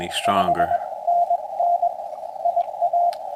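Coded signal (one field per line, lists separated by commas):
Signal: Morse code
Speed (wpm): 21 wpm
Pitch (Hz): 700 Hz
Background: speech, radio noise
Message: 5NN IA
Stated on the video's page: Saturday morning Parks on the Air operation on an FDX10 with a 71ft end-fed antenna, manual or automatic tuner.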